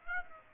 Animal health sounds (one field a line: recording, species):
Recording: mosquito wingbeat signal from an infrared sensor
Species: Aedes aegypti